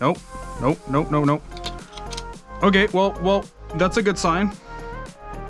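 A thrift-store camera lens is twisted against a lens mount adapter for a 6K cinema camera after several failed tries, with music playing and someone talking. A few brief handling sounds occur around 1.7 to 2.2 seconds. The lens has not seated or clicked into the adapter yet.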